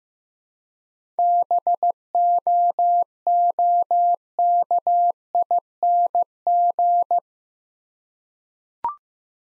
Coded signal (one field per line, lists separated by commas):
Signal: Morse code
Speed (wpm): 15 wpm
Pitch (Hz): 700 Hz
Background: none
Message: BOOKING